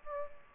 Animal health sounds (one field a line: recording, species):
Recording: mosquito wingbeat signal from an infrared sensor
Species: Anopheles gambiae